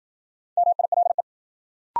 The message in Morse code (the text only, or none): MILE